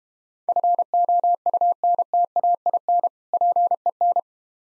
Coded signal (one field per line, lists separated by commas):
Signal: Morse code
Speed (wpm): 31 wpm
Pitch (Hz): 700 Hz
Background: none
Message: FOUNTAIN PEN